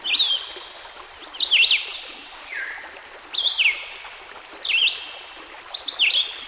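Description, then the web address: Red-eyed Vireo song of short, choppy whistled phrases with slurs, repeated after short pauses, with flowing water in the background. With a stream in the background. "Dan Gibson Songbirds By The Stream. Red - Eyed Vireo"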